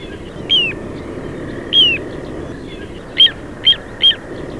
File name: Charadrius dubius